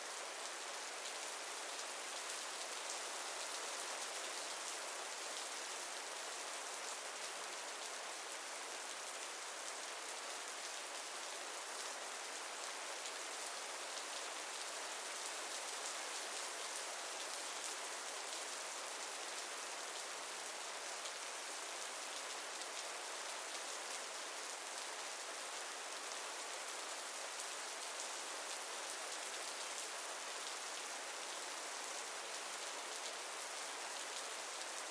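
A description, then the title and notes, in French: A rain shower falls steadily throughout, a dense, even hiss of countless drops with no pauses or build. The sound sits bright, weighted toward the high end with little low rumble, and faint individual patters flicker within the wash. Douce Averse: La Mélodie Apaisante de la Pluie. Le son réconfortant d'une averse de pluie.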